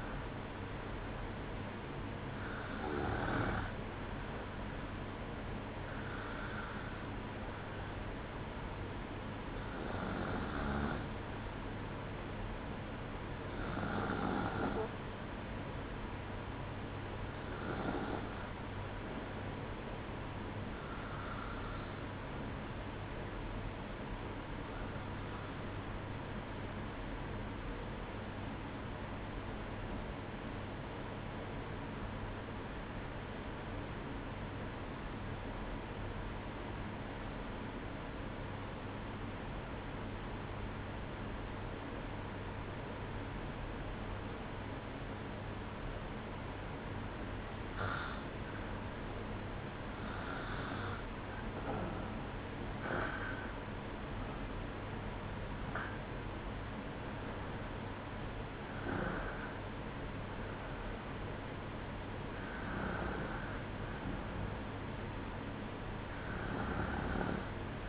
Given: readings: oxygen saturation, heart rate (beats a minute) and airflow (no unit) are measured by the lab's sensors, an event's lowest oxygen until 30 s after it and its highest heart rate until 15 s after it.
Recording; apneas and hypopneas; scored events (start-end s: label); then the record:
breathing in sleep by a voice recorder at the bedside; 1
8.00-67.89 s: new sleep stage, REM sleep
23.00-47.70 s: obstructive apnea (REM, oxygen 96% highest, then 94% lowest, heart rate 60 at the start, 66 highest)
From the record:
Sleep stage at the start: N1 (lightest sleep); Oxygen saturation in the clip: 93 to 96%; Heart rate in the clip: 59 to 66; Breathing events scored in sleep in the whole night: 305 in 9.6 hours asleep